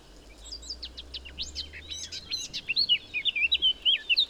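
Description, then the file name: Eurasian blackcap song: scratchy warbled notes building into a louder, clearer run of fluty phrases, delivered quickly. "Sylvia atricapilla"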